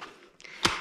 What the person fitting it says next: That has been clicked into place and you're ready to go.